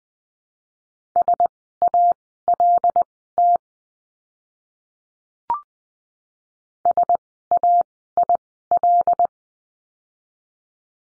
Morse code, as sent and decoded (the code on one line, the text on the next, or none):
... .- .-.. - / ... .- .. .-..
SALT SAIL